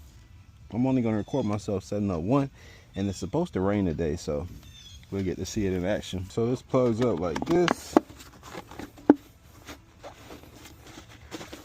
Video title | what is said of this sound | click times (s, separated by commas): Amerimax StealthFlow Downspout system Installation + my Honest Review after it rained | It all snaps in place, so it gives you some reassurance that it's put together right. | 9.1 s